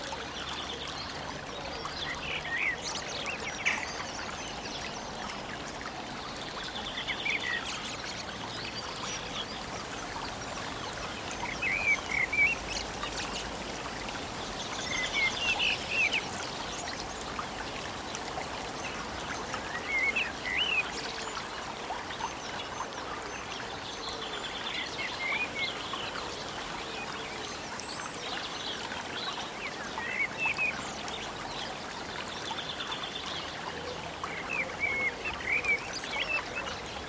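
A quiet stream runs steadily through the whole recording, a soft continuous trickle and rush beneath everything. Birds chirp in short bright bursts every few seconds, clustering around 12, 15, 20 and 35 seconds, while the water stays even.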